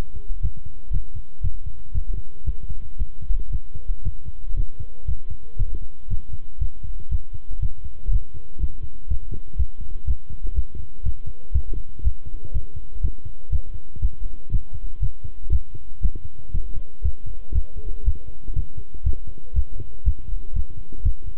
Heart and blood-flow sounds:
heart sounds by stethoscope; between the tricuspid and mitral areas; 119 bpm
0.43 s: heartbeat
0.93 s: heartbeat
1.43 s: heartbeat
1.94 s: heartbeat
2.46 s: heartbeat
2.99 s: heartbeat
3.52 s: heartbeat
4.05 s: heartbeat
4.56 s: heartbeat
5.07 s: heartbeat
5.59 s: heartbeat
6.10 s: heartbeat
6.61 s: heartbeat
7.11 s: heartbeat
7.62 s: heartbeat
8.12 s: heartbeat
8.61 s: heartbeat
9.09 s: heartbeat
9.58 s: heartbeat
10.07 s: heartbeat
10.56 s: heartbeat
11.05 s: heartbeat
11.54 s: heartbeat
12.04 s: heartbeat
12.54 s: heartbeat
13.03 s: heartbeat
13.52 s: heartbeat
14.02 s: heartbeat
14.52 s: heartbeat
15.02 s: heartbeat
15.52 s: heartbeat
16.03 s: heartbeat
16.53 s: heartbeat
17.04 s: heartbeat
17.54 s: heartbeat
18.05 s: heartbeat
18.55 s: heartbeat
19.05 s: heartbeat
19.55 s: heartbeat
20.06 s: heartbeat
20.55 s: heartbeat
21.04 s: heartbeat
From the record:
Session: walking at 3.7 km/h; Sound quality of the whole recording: good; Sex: male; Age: 25 years

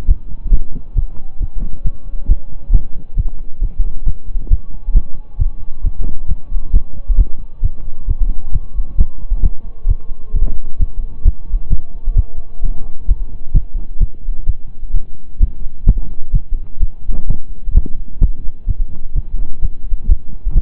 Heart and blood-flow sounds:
heart sounds by stethoscope; between the tricuspid and mitral areas; 132 bpm
0.06 s: heartbeat
0.50 s: heartbeat
0.94 s: heartbeat
1.38 s: heartbeat
1.83 s: heartbeat
2.27 s: heartbeat
2.71 s: heartbeat
3.15 s: heartbeat
3.60 s: heartbeat
4.04 s: heartbeat
4.48 s: heartbeat
4.93 s: heartbeat
5.37 s: heartbeat
5.82 s: heartbeat
6.27 s: heartbeat
6.71 s: heartbeat
7.16 s: heartbeat
7.61 s: heartbeat
8.06 s: heartbeat
8.51 s: heartbeat
8.96 s: heartbeat
9.41 s: heartbeat
9.86 s: heartbeat
10.32 s: heartbeat
10.78 s: heartbeat
11.23 s: heartbeat
11.68 s: heartbeat
12.14 s: heartbeat
12.61 s: heartbeat
13.06 s: heartbeat
13.52 s: heartbeat
13.98 s: heartbeat
14.45 s: heartbeat
14.92 s: heartbeat
15.38 s: heartbeat
15.84 s: heartbeat
16.31 s: heartbeat
16.78 s: heartbeat
17.26 s: heartbeat
17.72 s: heartbeat
18.19 s: heartbeat
18.66 s: heartbeat
19.13 s: heartbeat
19.60 s: heartbeat
20.07 s: heartbeat
20.53 s: heartbeat
From the record:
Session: slow and fast walking with breaks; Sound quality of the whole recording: saturated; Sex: male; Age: 25 years

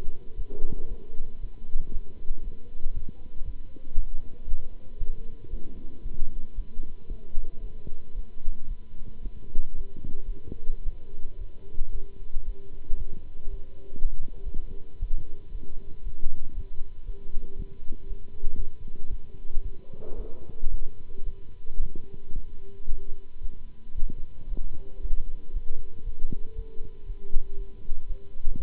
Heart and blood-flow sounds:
heart sounds by stethoscope; between the tricuspid and mitral areas; 115 bpm
0.35 s: heartbeat
0.87 s: heartbeat
1.40 s: heartbeat
1.91 s: heartbeat
2.42 s: heartbeat
2.93 s: heartbeat
3.44 s: heartbeat
3.95 s: heartbeat
4.46 s: heartbeat
4.97 s: heartbeat
5.49 s: heartbeat
6.02 s: heartbeat
6.54 s: heartbeat
7.07 s: heartbeat
7.60 s: heartbeat
8.13 s: heartbeat
8.67 s: heartbeat
9.21 s: heartbeat
9.75 s: heartbeat
10.24 s: heartbeat
10.83 s: heartbeat
11.37 s: heartbeat
11.91 s: heartbeat
12.44 s: heartbeat
12.97 s: heartbeat
13.49 s: heartbeat
14.01 s: heartbeat
14.41 s: heartbeat
14.99 s: heartbeat
15.51 s: heartbeat
16.03 s: heartbeat
16.54 s: heartbeat
17.05 s: heartbeat
17.55 s: heartbeat
18.07 s: heartbeat
18.55 s: heartbeat
19.09 s: heartbeat
19.61 s: heartbeat
20.15 s: heartbeat
20.69 s: heartbeat
21.23 s: heartbeat
21.78 s: heartbeat
22.32 s: heartbeat
22.86 s: heartbeat
23.40 s: heartbeat
23.94 s: heartbeat
24.47 s: heartbeat
25.00 s: heartbeat
25.52 s: heartbeat
26.03 s: heartbeat
26.54 s: heartbeat
27.05 s: heartbeat
27.56 s: heartbeat
28.06 s: heartbeat
28.56 s: heartbeat
From the record:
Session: Bruce protocol treadmill stress test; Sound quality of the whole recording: good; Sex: male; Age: 26 years

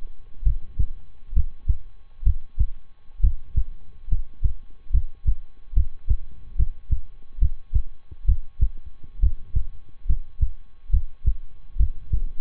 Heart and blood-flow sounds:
heart sounds by stethoscope; between the tricuspid and mitral areas; 69 bpm
0.42 s: heartbeat
1.32 s: heartbeat
2.23 s: heartbeat
3.20 s: heartbeat
4.08 s: heartbeat
4.90 s: heartbeat
5.73 s: heartbeat
6.55 s: heartbeat
7.38 s: heartbeat
8.25 s: heartbeat
9.19 s: heartbeat
10.05 s: heartbeat
10.90 s: heartbeat
11.76 s: heartbeat
From the record:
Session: rest, lying down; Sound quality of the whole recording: good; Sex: male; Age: 23 years

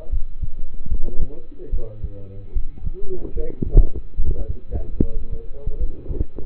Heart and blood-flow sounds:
heart sounds by stethoscope; between the tricuspid and mitral areas; 74 bpm
0.10 s: heartbeat
0.88 s: heartbeat
1.70 s: heartbeat
2.53 s: heartbeat
3.33 s: heartbeat
4.16 s: heartbeat
4.99 s: heartbeat
5.77 s: heartbeat
From the record:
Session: rest, lying down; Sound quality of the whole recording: partially saturated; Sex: male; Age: 27 years

